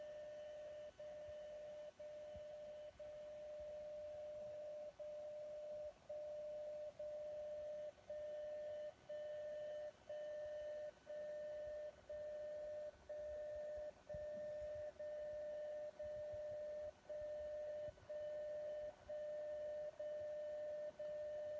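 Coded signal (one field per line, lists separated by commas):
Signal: radio time signal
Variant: DCF77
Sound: continuous tone about 600 Hz dipping briefly each second, roughly 20 dips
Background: radio static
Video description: Display accurate time and date from the atomic clock at PTB in Braunschweig, transmitted from Frankfurt by DCF77 on 77.5kHz.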